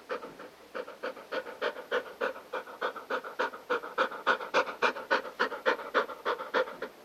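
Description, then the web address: Golden Retriever breathing in fast, even pants, around three to four airy huffs each second, growing slightly louder midway. Domestic dog panting. "Sound Effects-Foundation 1 ANIMAL DOG GOLDEN RETRIEVER DOTTI PANT"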